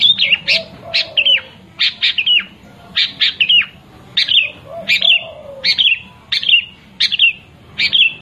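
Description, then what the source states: Long-tailed shrike song: quick series of high, sharp chirps and downslurred whistles in short bursts, steadily repeated, with soft lower warbling notes underneath. Combination song style.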